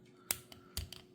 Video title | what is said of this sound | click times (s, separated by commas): Dragon Ball Z (Dbz) Vegeta (24000 Power Level) S.H Figuarts Unboxing/Review | pops right in and the opposite side | 0.3 s